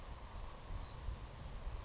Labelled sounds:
Savannah Sparrow (Passerculus sandwichensis)
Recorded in Sonoma County, California

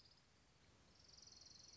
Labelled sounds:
Orange-crowned Warbler (Leiothlypis celata)
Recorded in Sonoma County, California

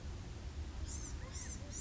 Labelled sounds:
Blue-gray Gnatcatcher (Polioptila caerulea)
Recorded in Sonoma County, California

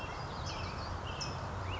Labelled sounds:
California Towhee (Melozone crissalis)
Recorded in Sonoma County, California

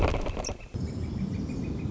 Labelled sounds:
Northern Flicker (Colaptes auratus)
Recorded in Sonoma County, California

